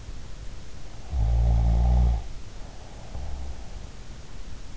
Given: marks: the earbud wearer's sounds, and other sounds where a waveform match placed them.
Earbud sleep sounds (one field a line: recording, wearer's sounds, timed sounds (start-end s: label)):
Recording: sounds in sleep by an in-ear microphone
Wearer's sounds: snoring breath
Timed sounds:
1.00-3.46 s: snoring breath